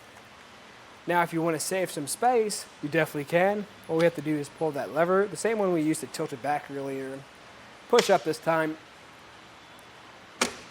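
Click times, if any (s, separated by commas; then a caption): 10.4 s. Someone talks while the tilt lever on a Kuat NV 2.0 two-bike hitch rack, mounted on a 2023 Hyundai Ioniq 6, is pulled and the rack is pushed up into its folded storage position to save space. A sharp click at 10.4 s is the fold latch on the rack's hitch mount snapping into place, locking the rack in its stowed position.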